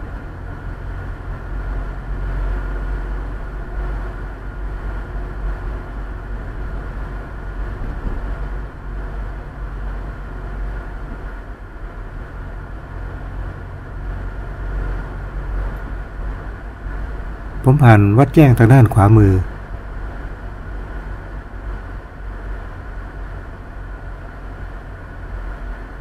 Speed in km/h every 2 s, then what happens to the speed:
35, 36, 37, 37, 36, 37, 36, 36, 37, 38, 38, 36, 36.
0-26 steady at about 36.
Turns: none.